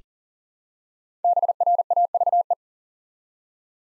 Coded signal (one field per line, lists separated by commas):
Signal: Morse code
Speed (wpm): 40 wpm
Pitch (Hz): 700 Hz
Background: none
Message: BRAVE